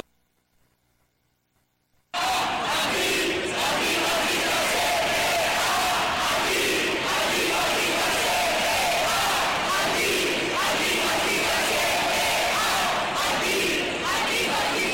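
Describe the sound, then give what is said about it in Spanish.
After about two seconds of silence, a loud street protest crowd erupts into sustained chanting and shouting, a dense roar of many voices with rhythmic surges that keeps going steadily. It is the 20N demonstration in the streets of Zaragoza, thousands of people against fascism. “Esto que estáis escuchando es el sonido de la manifestación de ayer en Zaragoza del 20N, una manifestación, bueno, como hacía tiempo no se veía, miles de personas contra el fascismo en las calles de Zaragoza.”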